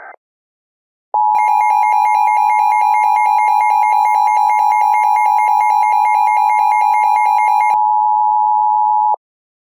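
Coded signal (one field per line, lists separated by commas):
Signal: Emergency Alert System (SAME) tones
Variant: 853 and 960 Hz attention tone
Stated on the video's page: Fictional EAS scenario, not a real alert.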